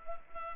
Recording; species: mosquito wingbeat signal from an infrared sensor; Culex pipiens